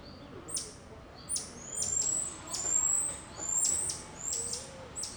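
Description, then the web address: Bird calling with scattered high chirps and a few thin whistled notes between them, over quiet outdoor background hiss. Outdoor ambience in a suburb of Rio de Janeiro. "Monte Sound - Atmospheres of Rio de Janeiro AMB External Rio Subburb Birds Dogs Monkeys"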